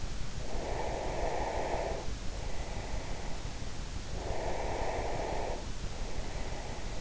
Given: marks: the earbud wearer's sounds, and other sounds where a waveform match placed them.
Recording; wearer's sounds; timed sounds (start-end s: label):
sounds in sleep by an in-ear microphone; breath
0.26-3.41 s: breath
4.17-7.01 s: breath